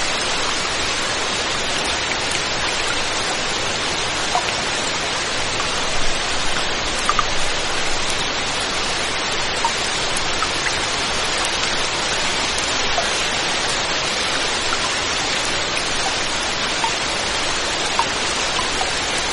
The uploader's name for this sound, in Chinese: 雨声